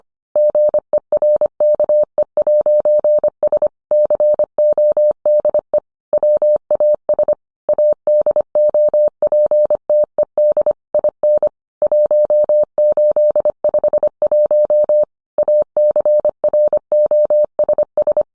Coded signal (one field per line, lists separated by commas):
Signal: Morse code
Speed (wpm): 25 wpm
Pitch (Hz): 600 Hz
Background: none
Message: GERKE'S CODE WAS ADOPTED IN 1851 ACROSS